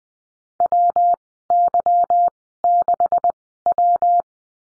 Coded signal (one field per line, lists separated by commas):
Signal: Morse code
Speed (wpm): 20 wpm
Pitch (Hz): 700 Hz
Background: none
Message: WY6W